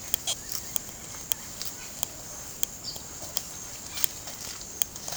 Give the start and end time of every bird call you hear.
2.85s-2.97s: bird call (3.9-5.8 kHz)
3.92s-4.10s: bird call (1.5-6.5 kHz)

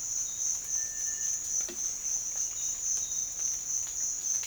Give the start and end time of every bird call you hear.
0.75s-1.37s: bird call (1.6-2.4 kHz)

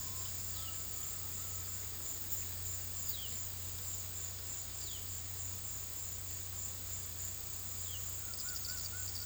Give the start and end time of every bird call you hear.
0.55s-0.75s: bird call (2.3-4.9 kHz)
2.99s-3.36s: bird call (2.1-5.5 kHz)
4.69s-5.06s: bird call (2.4-5.8 kHz)
7.82s-9.25s: bird call (0.8-6.2 kHz)

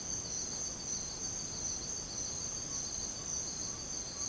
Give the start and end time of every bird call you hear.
2.57s-4.28s: bird call (0.7-1.4 kHz)

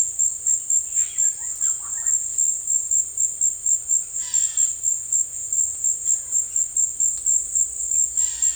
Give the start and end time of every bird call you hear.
0.88s-2.14s: bird call (0.6-4.4 kHz)
4.18s-4.73s: bird call (0.4-6.3 kHz)

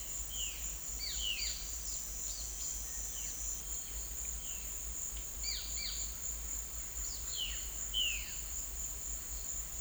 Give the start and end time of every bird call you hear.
0.31s-2.76s: bird call (1.1-6.4 kHz)
5.38s-6.05s: bird call (0.8-5.6 kHz)
7.24s-8.37s: bird call (0.9-5.2 kHz)

